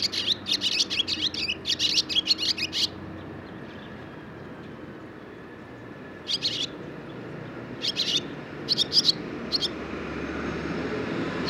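Barn swallow twittering rapidly for about three seconds, then scattered short chirps over low background noise.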